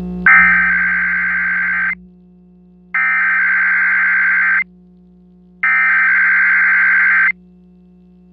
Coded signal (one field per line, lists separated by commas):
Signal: Emergency Alert System (SAME) tones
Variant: header bursts